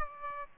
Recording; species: mosquito wingbeat signal from an infrared sensor; Aedes albopictus